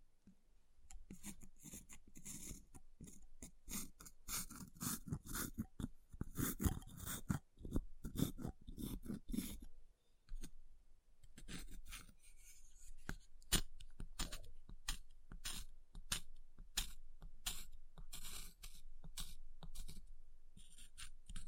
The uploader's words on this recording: ASMR Ice Tapping, Scratching, Carving Sounds (No Talking).